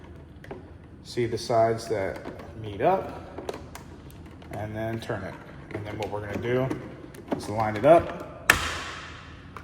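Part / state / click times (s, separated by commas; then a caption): mirror light wiring connector into the truck's tow mirror harness plug / seated / 8.5 s. Someone talks while lining up an aftermarket Boost Auto tow-mirror light wiring connector with its mating plastic plug in the tow mirror harness of an F250 Platinum truck. The two halves are pushed together, and a sharp click rings out at 8.5 s, the loudest sound in the clip, as the connector seats.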